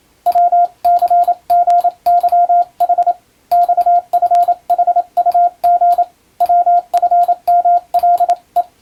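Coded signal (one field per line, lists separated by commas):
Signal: Morse code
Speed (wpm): 27 wpm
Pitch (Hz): 700 Hz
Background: radio noise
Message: WCGYH XFHUG WFMLE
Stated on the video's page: Morse receiving practice in international (European) CW sent with an electronic keyer, using a telegram practice book.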